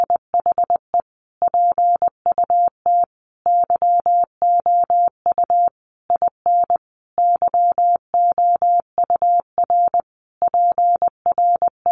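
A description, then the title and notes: Words are sent in Morse code as a single steady mid-pitched beep, switching cleanly on and off in short dots and longer dashes. The keying runs quickly and without pause through all twelve seconds, with brief silent gaps between letters and words. Nothing else sounds underneath. Sentences from Top 800 Words 20wpm. First, the words are sent in Morse code.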